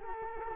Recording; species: mosquito wingbeat signal from an infrared sensor; Culex quinquefasciatus